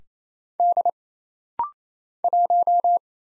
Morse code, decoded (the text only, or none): D 1